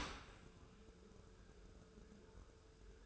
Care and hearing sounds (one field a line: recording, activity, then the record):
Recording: daily activity, microphone in the room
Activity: open dishwasher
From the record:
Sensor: 2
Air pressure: 1014.8 hPa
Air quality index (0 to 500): 25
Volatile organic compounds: 0 ppm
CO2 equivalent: 504 ppm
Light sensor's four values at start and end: 10/23/9/9 and 10/23/9/9